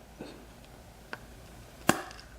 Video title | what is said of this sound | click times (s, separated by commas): BlingBox™ Kit Assembly | like that, it pops into place. | 1.9 s